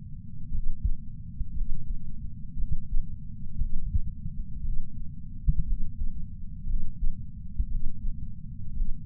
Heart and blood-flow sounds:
heart sounds by patch sensor on the chest; 58 bpm
0.50 s: heartbeat
1.52 s: heartbeat
2.55 s: heartbeat
3.56 s: heartbeat
4.60 s: heartbeat
5.63 s: heartbeat
6.65 s: heartbeat
7.67 s: heartbeat
8.72 s: heartbeat
From the record:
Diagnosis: coronary artery disease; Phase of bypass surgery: postoperative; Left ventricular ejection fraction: 61.7%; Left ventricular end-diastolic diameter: 51 mm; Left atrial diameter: 37 mm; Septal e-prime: 6.5 cm/s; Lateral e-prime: 9.2 cm/s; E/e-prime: 11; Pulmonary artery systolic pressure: 22 mmHg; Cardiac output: 4.8 L/min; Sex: male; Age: 59 years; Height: 168 cm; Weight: 81 kg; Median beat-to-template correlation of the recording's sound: 0.85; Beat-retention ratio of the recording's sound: 1.00

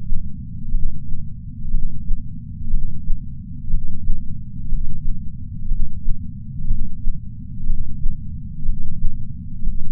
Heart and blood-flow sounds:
heart sounds by patch sensor on the chest; 61 bpm
0.71 s: heartbeat
1.71 s: heartbeat
2.70 s: heartbeat
3.70 s: heartbeat
4.68 s: heartbeat
5.67 s: heartbeat
6.67 s: heartbeat
7.66 s: heartbeat
8.65 s: heartbeat
9.63 s: heartbeat
From the record:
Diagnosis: coronary artery disease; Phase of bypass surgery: preoperative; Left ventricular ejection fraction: 62.4%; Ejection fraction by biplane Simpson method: 59%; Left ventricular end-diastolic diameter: 53 mm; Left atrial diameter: 40 mm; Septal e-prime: 7.2 cm/s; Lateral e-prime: 9.5 cm/s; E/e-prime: 9.1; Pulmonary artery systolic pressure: 23 mmHg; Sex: male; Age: 60 years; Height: 180 cm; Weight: 100 kg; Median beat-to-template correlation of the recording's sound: 0.92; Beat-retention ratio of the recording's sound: 0.96

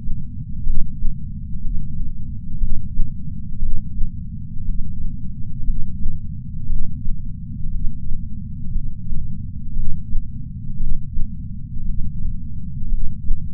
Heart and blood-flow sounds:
heart sounds by patch sensor on the chest; 59 bpm
0.65 s: heartbeat
1.61 s: heartbeat
2.59 s: heartbeat
3.60 s: heartbeat
4.65 s: heartbeat
5.65 s: heartbeat
6.67 s: heartbeat
7.71 s: heartbeat
8.72 s: heartbeat
9.74 s: heartbeat
10.78 s: heartbeat
11.85 s: heartbeat
12.89 s: heartbeat
From the record:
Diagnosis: coronary artery disease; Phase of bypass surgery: preoperative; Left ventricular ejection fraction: 62%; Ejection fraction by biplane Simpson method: 62.4%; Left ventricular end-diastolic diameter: 51 mm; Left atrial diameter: 40 mm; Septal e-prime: 9.2 cm/s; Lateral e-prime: 9.2 cm/s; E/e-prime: 8.2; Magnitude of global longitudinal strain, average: 18.8%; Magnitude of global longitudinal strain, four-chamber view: 19.4%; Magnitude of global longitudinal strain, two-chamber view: 19%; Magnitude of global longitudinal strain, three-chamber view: 18.1%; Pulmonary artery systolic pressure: 24 mmHg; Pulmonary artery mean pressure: 10 mmHg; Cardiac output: 4.7 L/min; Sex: male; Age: 57 years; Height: 175 cm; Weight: 80 kg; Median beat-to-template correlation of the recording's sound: 0.88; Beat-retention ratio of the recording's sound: 0.93

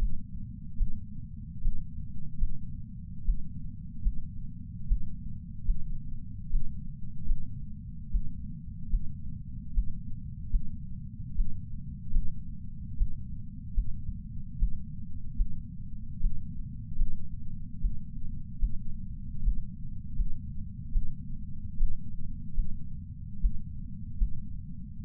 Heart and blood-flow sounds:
heart sounds by patch sensor on the chest; 74 bpm
0.78 s: heartbeat
1.62 s: heartbeat
2.38 s: heartbeat
3.25 s: heartbeat
4.02 s: heartbeat
4.87 s: heartbeat
5.65 s: heartbeat
6.50 s: heartbeat
7.26 s: heartbeat
8.11 s: heartbeat
8.89 s: heartbeat
9.74 s: heartbeat
10.51 s: heartbeat
11.36 s: heartbeat
12.12 s: heartbeat
12.97 s: heartbeat
13.74 s: heartbeat
14.58 s: heartbeat
15.36 s: heartbeat
16.21 s: heartbeat
16.96 s: heartbeat
17.81 s: heartbeat
18.59 s: heartbeat
19.43 s: heartbeat
20.16 s: heartbeat
20.92 s: heartbeat
21.78 s: heartbeat
22.54 s: heartbeat
23.40 s: heartbeat
24.17 s: heartbeat
25.03 s: heartbeat
From the record:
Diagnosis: coronary artery disease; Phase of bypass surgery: preoperative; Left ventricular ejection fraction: 64%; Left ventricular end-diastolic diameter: 54 mm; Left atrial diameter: 40 mm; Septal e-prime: 6.2 cm/s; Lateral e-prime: 8 cm/s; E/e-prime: 10.7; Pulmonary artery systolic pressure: 24 mmHg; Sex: male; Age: 75 years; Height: 178 cm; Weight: 85 kg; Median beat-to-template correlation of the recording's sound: 0.83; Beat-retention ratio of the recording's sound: 0.94

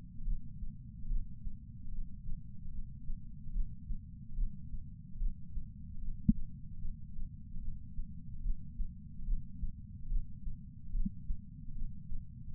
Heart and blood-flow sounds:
heart sounds by patch sensor on the chest; 73 bpm
0.23 s: heartbeat
1.07 s: heartbeat
1.89 s: heartbeat
2.70 s: heartbeat
3.51 s: heartbeat
4.34 s: heartbeat
5.17 s: heartbeat
5.99 s: heartbeat
6.79 s: heartbeat
7.59 s: heartbeat
8.41 s: heartbeat
9.24 s: heartbeat
10.07 s: heartbeat
10.91 s: heartbeat
11.73 s: heartbeat
12.53 s: heartbeat
From the record:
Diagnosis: coronary artery disease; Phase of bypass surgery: preoperative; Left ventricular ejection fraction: 32.2%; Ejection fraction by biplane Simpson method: 32%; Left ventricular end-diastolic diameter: 64 mm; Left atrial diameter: 40 mm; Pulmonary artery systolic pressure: 18 mmHg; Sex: male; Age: 49 years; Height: 175 cm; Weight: 80 kg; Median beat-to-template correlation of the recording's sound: 0.84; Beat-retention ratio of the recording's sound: 1.00

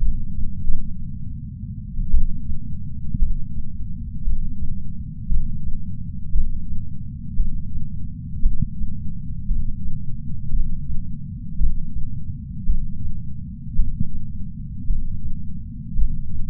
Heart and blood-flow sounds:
heart sounds by patch sensor on the chest; 56 bpm
0.88 s: heartbeat
2.11 s: heartbeat
3.19 s: heartbeat
4.24 s: heartbeat
5.28 s: heartbeat
6.32 s: heartbeat
7.36 s: heartbeat
8.42 s: heartbeat
9.47 s: heartbeat
10.51 s: heartbeat
11.58 s: heartbeat
12.66 s: heartbeat
13.76 s: heartbeat
14.87 s: heartbeat
15.95 s: heartbeat
From the record:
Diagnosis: coronary artery disease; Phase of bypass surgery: intraoperative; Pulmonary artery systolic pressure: 30 mmHg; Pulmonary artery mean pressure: 21 mmHg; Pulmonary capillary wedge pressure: 19 mmHg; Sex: male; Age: 57 years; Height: 183 cm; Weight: 85 kg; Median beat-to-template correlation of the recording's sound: 0.88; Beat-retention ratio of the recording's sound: 1.00

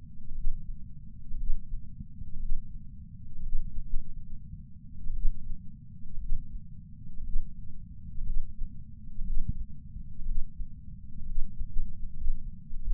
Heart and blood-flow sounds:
heart sounds by patch sensor on the chest; 62 bpm
0.33 s: heartbeat
1.35 s: heartbeat
2.37 s: heartbeat
3.41 s: heartbeat
3.87 s: heartbeat
5.12 s: heartbeat
6.18 s: heartbeat
7.21 s: heartbeat
8.22 s: heartbeat
9.23 s: heartbeat
10.24 s: heartbeat
11.24 s: heartbeat
12.15 s: heartbeat
12.84 s: heartbeat
From the record:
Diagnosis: coronary artery disease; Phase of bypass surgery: preoperative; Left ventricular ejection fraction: 61.1%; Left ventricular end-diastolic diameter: 60 mm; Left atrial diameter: 40 mm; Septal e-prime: 7.9 cm/s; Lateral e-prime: 9.6 cm/s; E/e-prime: 7.5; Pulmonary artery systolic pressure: 34 mmHg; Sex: male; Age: 65 years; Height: 168 cm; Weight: 73 kg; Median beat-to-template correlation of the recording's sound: 0.92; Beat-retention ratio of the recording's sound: 1.00

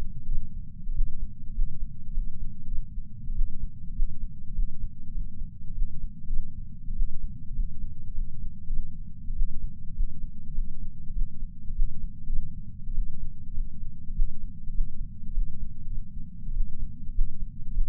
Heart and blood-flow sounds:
heart sounds by patch sensor on the chest; 100 bpm
0.26 s: heartbeat
0.93 s: heartbeat
1.53 s: heartbeat
2.13 s: heartbeat
2.67 s: heartbeat
3.34 s: heartbeat
3.94 s: heartbeat
4.54 s: heartbeat
5.13 s: heartbeat
5.74 s: heartbeat
6.27 s: heartbeat
6.94 s: heartbeat
7.54 s: heartbeat
8.14 s: heartbeat
8.68 s: heartbeat
9.34 s: heartbeat
9.94 s: heartbeat
10.54 s: heartbeat
11.14 s: heartbeat
11.74 s: heartbeat
12.27 s: heartbeat
12.94 s: heartbeat
13.54 s: heartbeat
14.14 s: heartbeat
14.73 s: heartbeat
15.33 s: heartbeat
15.87 s: heartbeat
16.53 s: heartbeat
17.13 s: heartbeat
17.73 s: heartbeat
From the record:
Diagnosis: coronary artery disease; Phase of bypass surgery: postoperative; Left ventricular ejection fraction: 34.1%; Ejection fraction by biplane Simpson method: 29.5%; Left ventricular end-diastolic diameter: 66 mm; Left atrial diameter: 43 mm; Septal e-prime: 4.6 cm/s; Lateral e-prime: 6.7 cm/s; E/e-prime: 15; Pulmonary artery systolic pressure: 38 mmHg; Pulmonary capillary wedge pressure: 9 mmHg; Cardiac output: 3.4 L/min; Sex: male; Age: 47 years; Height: 180 cm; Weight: 90 kg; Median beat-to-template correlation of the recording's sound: 0.83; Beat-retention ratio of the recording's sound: 0.99

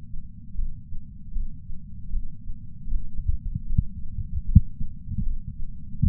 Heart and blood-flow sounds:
heart sounds by patch sensor on the chest; 77 bpm
0.54 s: heartbeat
1.32 s: heartbeat
2.09 s: heartbeat
2.87 s: heartbeat
3.66 s: heartbeat
4.44 s: heartbeat
5.22 s: heartbeat
5.99 s: heartbeat
From the record:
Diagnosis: coronary artery disease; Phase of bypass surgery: intraoperative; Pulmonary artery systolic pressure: 27 mmHg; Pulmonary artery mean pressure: 19 mmHg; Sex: male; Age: 74 years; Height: 170 cm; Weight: 75 kg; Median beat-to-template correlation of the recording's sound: 0.89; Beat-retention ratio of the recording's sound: 0.97

